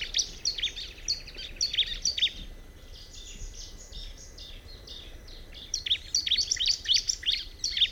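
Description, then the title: Bar-winged prinia singing quick, high, squeaky chirps in a run, a softer stretch in the middle, then a brisk burst again near the end. "Ciblek Pro"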